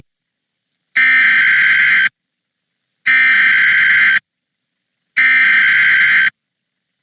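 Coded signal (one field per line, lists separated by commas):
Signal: Emergency Alert System (SAME) tones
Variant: header bursts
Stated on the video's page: Valid EAS tones from Evansville-area FM broadcast stations during severe weather, recorded on an iPad and on Windows 10.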